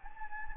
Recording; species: mosquito wingbeat signal from an infrared sensor; Anopheles gambiae